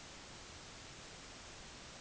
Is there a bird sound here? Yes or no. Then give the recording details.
no. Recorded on Arctic tundra, site NAIT-1, on 25 June 2019. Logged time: 10:00